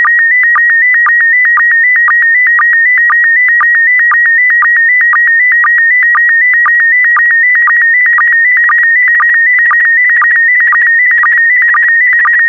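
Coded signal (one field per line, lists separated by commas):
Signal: SSTV (slow-scan television)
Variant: PD120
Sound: warbling tone around 1.9 kHz with rhythmic low clicks twice a second, throughout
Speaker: Five, four, three, two, one. Transmission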